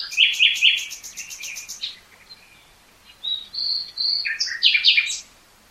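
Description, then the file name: Common nightingale song opening with a fast burst of repeated loud clicking notes, a pause, then pure whistled notes and harsh chattering phrases. "Luscinia megarhynchos"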